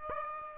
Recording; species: mosquito wingbeat signal from an infrared sensor; Aedes aegypti